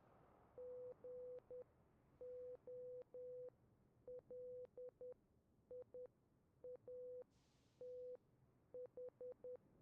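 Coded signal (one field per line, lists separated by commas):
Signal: Morse code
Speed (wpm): 10 wpm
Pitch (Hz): 500 Hz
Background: none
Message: GOLIATH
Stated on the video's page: Morse heard in the PS3 game Resistance: Fall of Man.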